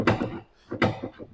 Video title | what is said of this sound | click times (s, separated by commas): A35 Quad Tips Installation | you can hear it popping | 0.1 s, 0.8 s